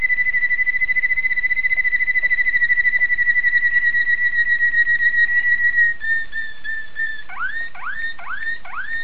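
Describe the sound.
Domestic canary song: a long, steady, slightly pulsing whistle, then a lower tone and a few quick curved notes.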